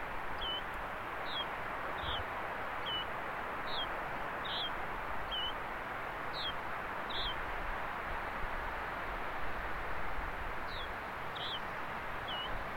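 Yellow-bridled finch calls: short, high, slightly downslurred notes repeated about every second, with one longer pause of about three seconds, over a steady broad rushing background.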